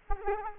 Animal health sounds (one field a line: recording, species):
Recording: mosquito wingbeat signal from an infrared sensor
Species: Culex quinquefasciatus